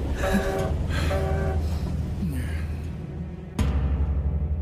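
A moving train approaching the station in Dover rumbles steadily with a deep, continuous drone, overlaid by pulsing mechanical whines, then a sudden jolt brings a louder surge of rolling noise near the end.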